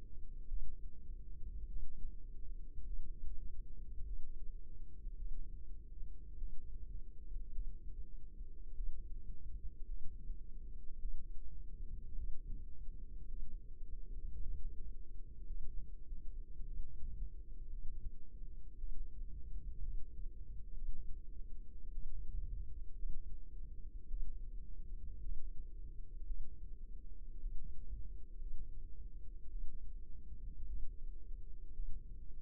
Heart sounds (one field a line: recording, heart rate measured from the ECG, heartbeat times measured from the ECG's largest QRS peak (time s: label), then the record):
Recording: heart sounds by microphone in the left ear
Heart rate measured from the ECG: 54 bpm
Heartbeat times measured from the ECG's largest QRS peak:
0.47 s: heartbeat
1.67 s: heartbeat
2.84 s: heartbeat
4.04 s: heartbeat
5.16 s: heartbeat
6.37 s: heartbeat
7.52 s: heartbeat
8.74 s: heartbeat
9.86 s: heartbeat
10.99 s: heartbeat
12.15 s: heartbeat
13.27 s: heartbeat
14.42 s: heartbeat
15.46 s: heartbeat
16.65 s: heartbeat
17.69 s: heartbeat
18.77 s: heartbeat
19.82 s: heartbeat
20.73 s: heartbeat
21.91 s: heartbeat
22.94 s: heartbeat
24.08 s: heartbeat
25.20 s: heartbeat
26.25 s: heartbeat
27.40 s: heartbeat
28.38 s: heartbeat
29.49 s: heartbeat
30.66 s: heartbeat
31.73 s: heartbeat
From the record:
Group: healthy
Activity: cold pressor test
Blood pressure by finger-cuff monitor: 109/65 mmHg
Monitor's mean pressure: 79 mmHg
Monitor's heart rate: 53 bpm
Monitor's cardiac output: 4.9 L/min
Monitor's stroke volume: 93 mL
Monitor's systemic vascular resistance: 1170 dyn s/cm5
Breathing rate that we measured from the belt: 23 breaths a minute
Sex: female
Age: 28 years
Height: 170 cm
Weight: 77 kg